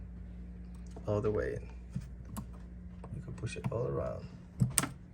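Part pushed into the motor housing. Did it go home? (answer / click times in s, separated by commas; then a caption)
yes / 4.8 s. A part is pushed into the motor housing, pressed in all around with a hex key. Someone talks over soft scraping and tapping. The part clicks into place at 4.8 seconds and is seated.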